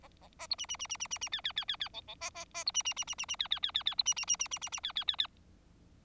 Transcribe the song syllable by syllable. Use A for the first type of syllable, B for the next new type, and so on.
A A A B C C C C C C C D D D D D E E A A A B C C C C C C D D D D D B C C C C C C C D D D D